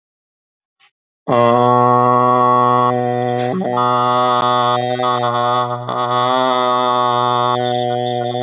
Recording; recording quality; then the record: sustained vowel as in made; excellent, no background noise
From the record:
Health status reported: healthy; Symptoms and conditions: diabetes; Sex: male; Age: 36 years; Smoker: not ticked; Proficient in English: yes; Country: India